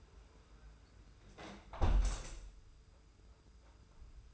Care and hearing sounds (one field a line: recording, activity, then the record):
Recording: daily activity, microphone in the room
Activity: close window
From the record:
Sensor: 2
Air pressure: 991.2 hPa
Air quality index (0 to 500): 124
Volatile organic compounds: 102 ppm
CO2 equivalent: 3768 ppm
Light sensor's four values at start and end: 37/107/42/41 and 37/107/42/40